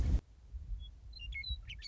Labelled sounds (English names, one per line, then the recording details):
Western Meadowlark
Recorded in Sonoma County, California